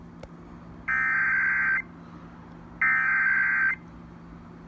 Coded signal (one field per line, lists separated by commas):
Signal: Emergency Alert System (SAME) tones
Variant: header bursts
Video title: Fire Warnings (EAS #2582-2583)